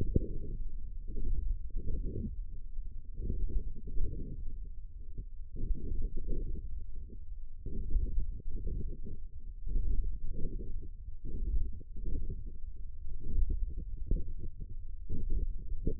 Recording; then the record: forearm muscle sounds (acoustic myography)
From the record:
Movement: radial deviation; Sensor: system 1, eight BSWA MPA416 microphones around the upper forearm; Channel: 7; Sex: male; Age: 20 years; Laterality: left